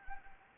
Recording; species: mosquito wingbeat signal from an infrared sensor; Anopheles arabiensis